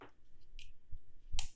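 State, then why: Seated. An M-to-L mount lens adapter carrying a manual lens is turned clockwise on a mirrorless camera body's bayonet mount. A few faint ticks of rotation are heard, then a sharp click at 1.4 seconds as the adapter snaps and locks into place.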